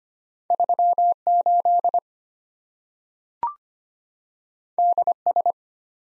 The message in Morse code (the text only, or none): 38 DS